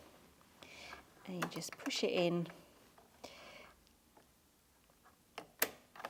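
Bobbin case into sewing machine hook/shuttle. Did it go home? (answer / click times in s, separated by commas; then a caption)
yes / 5.6 s. A bobbin case is pushed back into the hook area of a Bernina 325 sewing machine, with its arm at the very top, while someone talks. Soft handling taps are heard, then a sharp click at 5.6 s as the bobbin case seats in place.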